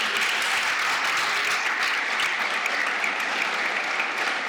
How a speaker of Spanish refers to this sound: Un aplauso al rey, vamos, un aplauso.